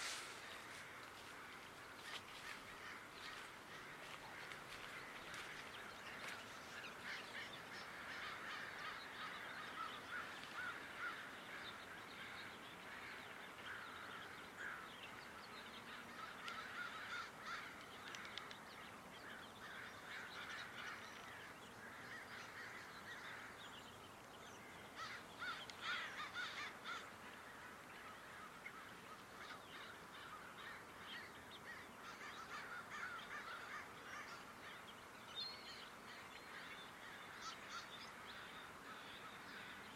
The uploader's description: Recorded January 22, 2022 at Dharma Rain Zen Center along the various footpaths open to the public.